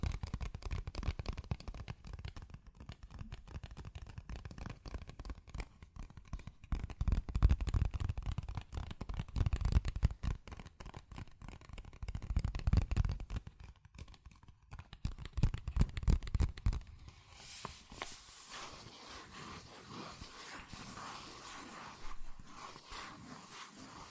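Fast tapping on cardboard or paper, a dense stream of quick clicks with soft low thumps underneath, peaking in bursts around 7, 12 and 16 seconds. After about 17 seconds it changes to a quieter, steadier, brighter scratching and tracing sound.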